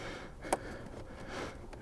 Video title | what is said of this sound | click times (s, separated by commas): 2003-2006 Jeep TJ Blower Motor Resistor Replacement - This Old TJ | all right clicked the | 0.5 s